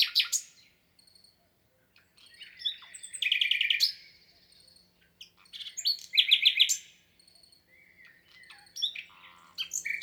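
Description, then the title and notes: Common nightingale song in separate bursts: sharp whistles, two loud rapid rattling phrases of repeated notes, and short varied notes between pauses. Singing in spring, 22 April 2020, Lesches-en-Diois, France; third recording since the birds' arrival, amid human silence; Nagra Seven with MKH8040 stereo. "LE TÉNOR DES LISIÈRES. 22 avril 2020-Lesches en diois. le chant du Rossignol Philomène (Luscinia megarhynchos)"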